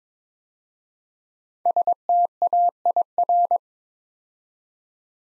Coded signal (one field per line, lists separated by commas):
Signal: Morse code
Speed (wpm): 22 wpm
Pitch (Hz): 700 Hz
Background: none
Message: STAIR